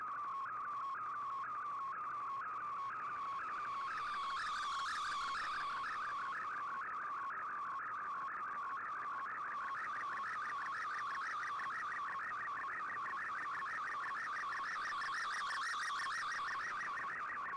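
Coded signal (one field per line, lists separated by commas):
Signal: SSTV (slow-scan television)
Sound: steady low warbling tone with rapid regular chirps upward, repeating like scan lines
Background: shortwave static and fading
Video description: Here is my decode of the Shortwave Radiogram broadcast today on 15770Khz shortwave radio at 1330UTC in MFSK32 and 64 with 11 SSTV images.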